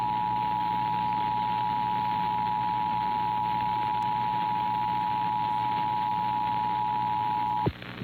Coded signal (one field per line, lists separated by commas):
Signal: Emergency Alert System (SAME) tones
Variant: 853 and 960 Hz attention tone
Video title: Massachusetts Monthly Test on WWLP-DT1 (8/6/2024) (EAS #139)